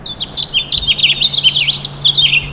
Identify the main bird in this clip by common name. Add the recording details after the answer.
House Finch. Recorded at Freeport on Long Island, New York, on 28 May 2013. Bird A